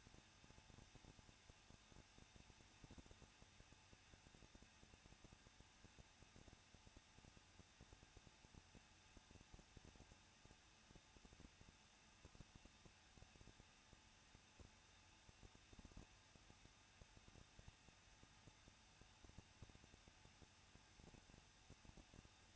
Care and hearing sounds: daily activity, microphone in the room; no activity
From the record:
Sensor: 2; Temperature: 21.0 degrees Celsius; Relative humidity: 37.5%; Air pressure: 1006.3 hPa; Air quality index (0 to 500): 223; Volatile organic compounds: 25 ppm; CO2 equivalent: 2825 ppm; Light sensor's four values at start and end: 2/3/2/2 and 2/3/2/2

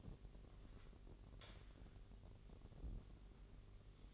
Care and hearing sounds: daily activity, microphone in the room; light on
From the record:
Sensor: 4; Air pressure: 1012.7 hPa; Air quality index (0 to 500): 246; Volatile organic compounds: 4 ppm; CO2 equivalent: 1674 ppm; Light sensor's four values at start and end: 15/34/14/14 and 17/44/17/18

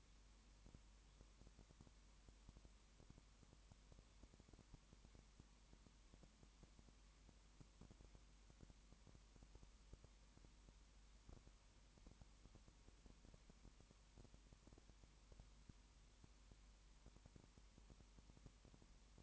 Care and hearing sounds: daily activity, microphone in the room; no activity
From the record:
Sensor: 1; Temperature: 19.7 degrees Celsius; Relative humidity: 40.5%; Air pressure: 1010.7 hPa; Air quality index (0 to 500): 209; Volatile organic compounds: 56 ppm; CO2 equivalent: 3375 ppm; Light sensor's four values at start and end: 1/2/1/1 and 1/2/1/1

